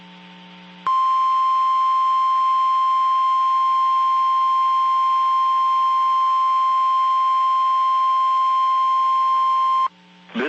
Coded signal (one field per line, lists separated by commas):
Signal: Emergency Alert System (SAME) tones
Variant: 1050 Hz attention tone